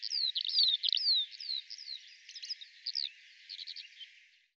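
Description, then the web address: Bird chirps: several downward-sliding whistled notes at first, then sparser, softer chirps fading away toward the end. "Deverinetal 2025 File cleaned normalized Bird Al Ar"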